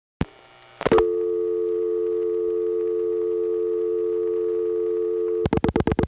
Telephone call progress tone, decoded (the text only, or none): dial tone